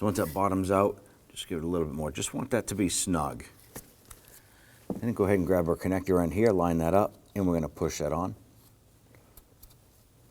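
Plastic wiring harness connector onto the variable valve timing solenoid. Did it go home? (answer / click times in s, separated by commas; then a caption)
no / none. Someone talks while a plastic wiring harness connector is lined up and pushed onto the new rear exhaust variable valve timing solenoid of a 2003-2014 Volvo XC90 3.2L L6, just after the solenoid is snugged down. A few faint, short handling ticks are heard between and after the talking. The connector has not seated or clicked in yet.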